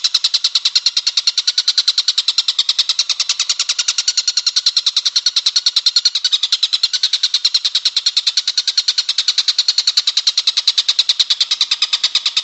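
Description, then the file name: Stork-billed kingfisher giving a long, steady, rapid series of harsh, rasping notes, with no pauses and no other sounds. "tengkek buto om andri"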